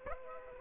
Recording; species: mosquito wingbeat signal from an infrared sensor; Aedes aegypti